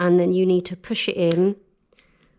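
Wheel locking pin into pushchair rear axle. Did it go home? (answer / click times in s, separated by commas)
yes / 2.0 s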